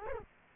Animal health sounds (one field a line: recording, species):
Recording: mosquito wingbeat signal from an infrared sensor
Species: Culex quinquefasciatus